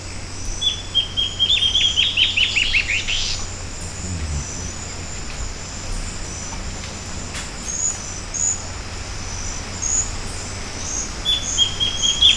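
Bird call: a fast burst of descending chirps early on, then quiet, with a shorter run of similar notes at the end, over a steady high insect whine.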